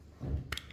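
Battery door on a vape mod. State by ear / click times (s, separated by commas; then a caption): seated / 0.5 s. The battery door of a vape mod is pushed back on so the catches on both sides engage inside the mod. A low rumble of handling is followed by a sharp click at 0.5 s and two fainter ticks just after. The door clicks into place and holds securely.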